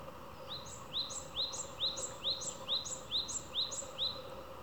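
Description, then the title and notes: Japanese tit song, a clear two-note phrase repeated steadily about twice a second in a run of several phrases over a low background hum. Repeated tsu-pee tsu-pee song. "シジュウカラのつーぴーつーぴーを聞くだけ. シジュウカラちゃんのつーぴーつーぴーをただ聞くだけの動画です。 途中から声のトーンとリズムが微妙に変わります。"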